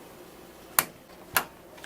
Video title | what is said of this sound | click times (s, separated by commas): BUILDING a HOME OFFICE PC with MOSTLY USED, SHELVED & LEFT-OVER PARTS | we push it down got it here two clicks same thing for this one two | 0.8 s, 1.4 s